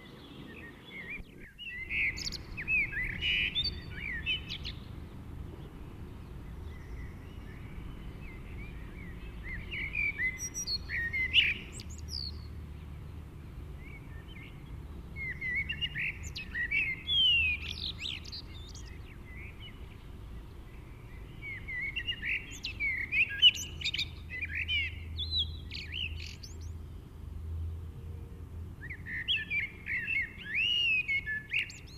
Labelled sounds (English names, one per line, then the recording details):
Common Blackbird song
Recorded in the wild
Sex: male
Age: adult
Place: Garmisch-Partenkirchen, Bayern, DE
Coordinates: 47.4892, 11.1467
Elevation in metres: 955
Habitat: mountains
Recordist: Tretzel, Erwin